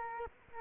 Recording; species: mosquito wingbeat signal from an infrared sensor; Culex quinquefasciatus